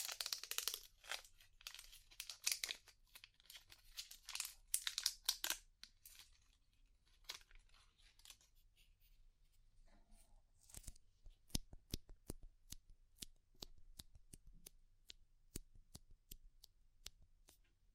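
Crackly scraping and rustling of clay and rhinestones being picked away, dense and bright through the first six seconds, then thinning into sparse scratches. After about eleven seconds it turns into a run of sharp, regular clicks roughly every half second over a low steady hum.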